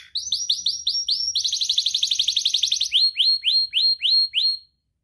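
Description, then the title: Atlantic canary: a series of upslurred whistled notes, then a quick buzzy trill, then more spaced upslurred notes before silence. Canary (kenari) described as gacor, singing with the best cengkok and a very rich isian. "Kenari Gacor Cengkok Terbaik Isian Paling Mewah Kenarigacor Kicaumania Kenari"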